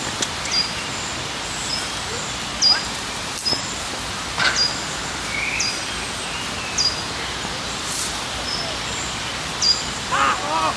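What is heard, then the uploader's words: An outdoor park scene with a steady, even hiss of background noise, like traffic or wind. Short, high bird chirps and whistles come every second or so, some sharp, others faint. A few soft clicks and rustles sit near the middle. We took a walk in our favorite park. Surrounded by trees, sitting down in the shade and simply letting time pass by. IN THE PARK.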